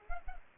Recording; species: mosquito wingbeat signal from an infrared sensor; Culex pipiens